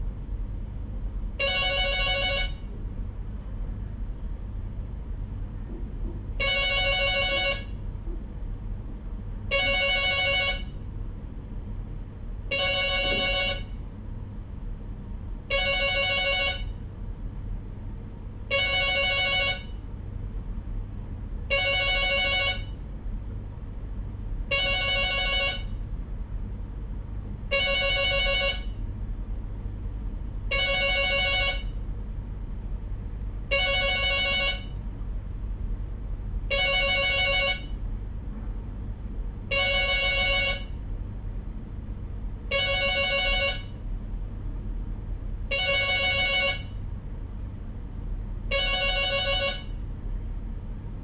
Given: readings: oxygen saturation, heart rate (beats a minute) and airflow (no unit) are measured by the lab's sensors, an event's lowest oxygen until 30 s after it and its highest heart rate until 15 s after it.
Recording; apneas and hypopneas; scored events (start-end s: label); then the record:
a person awake in a sleep study, by a smartphone at the bedside; none
0.00-51.04 s: awake
From the record:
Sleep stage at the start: awake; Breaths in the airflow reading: 23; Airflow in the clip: -0.7 to 0.7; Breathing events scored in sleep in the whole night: 201 in 6.5 hours asleep